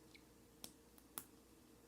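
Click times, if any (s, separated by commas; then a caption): 1.2 s. A plastic LEGO control stick/antenna piece is pushed through the armhole of a new-style minifigure torso until it seats. A soft tick at 0.6 s and faint ticks near 0.2 s and 1.0 s come before a sharp little snap at 1.2 s as the piece clicks into place.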